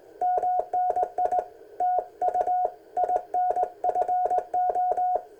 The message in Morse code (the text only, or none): MNI TU INFO